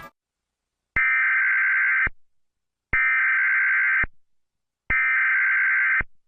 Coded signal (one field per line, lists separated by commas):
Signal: Emergency Alert System (SAME) tones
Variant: header bursts